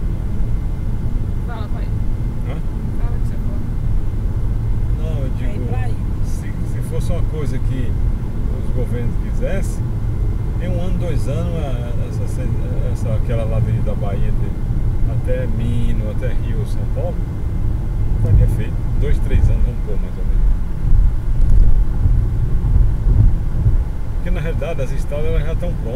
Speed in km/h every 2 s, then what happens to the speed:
92, 93, 94, 95, 90, 103, 107, 108, 108, 107, 102, 103, 106.
0-8 steady at about 93. 8-13 speeds up to 108.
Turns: none.